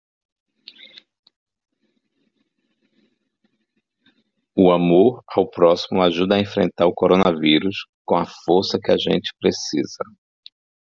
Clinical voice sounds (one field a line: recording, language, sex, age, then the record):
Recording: spoken sentence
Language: Brazilian Portuguese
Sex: male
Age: 40 to 49 years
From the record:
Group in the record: control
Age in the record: 48 years